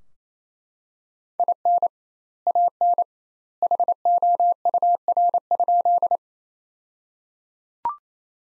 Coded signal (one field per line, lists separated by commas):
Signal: Morse code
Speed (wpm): 28 wpm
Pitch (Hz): 700 Hz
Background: none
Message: IN AN HOUR?